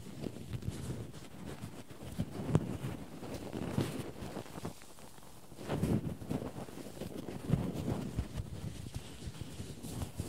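Cotton and tweezers are handled in a dense, continuous rustle, heavy in the low and middle range with soft crackly scratches on top. Louder swells come around two and a half, six, and seven and a half seconds, with quick sharp ticks through the texture.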